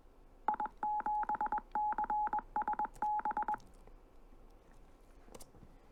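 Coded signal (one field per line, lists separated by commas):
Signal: Morse code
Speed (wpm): 21 wpm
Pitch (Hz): 840 Hz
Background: none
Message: I7CSB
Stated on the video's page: CW instruction preparing operators for Field Day and contesting.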